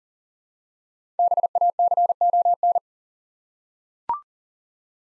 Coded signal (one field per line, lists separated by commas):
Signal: Morse code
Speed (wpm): 38 wpm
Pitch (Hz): 700 Hz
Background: none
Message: BACON